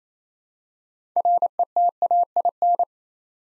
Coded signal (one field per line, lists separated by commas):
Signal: Morse code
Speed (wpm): 28 wpm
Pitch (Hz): 700 Hz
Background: none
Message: RETAIN